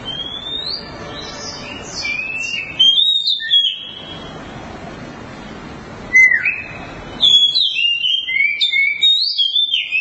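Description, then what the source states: Oriental magpie-robin song: rich whistled phrases with slurred, sweeping notes, delivered in bursts over low background noise. Long-duration song.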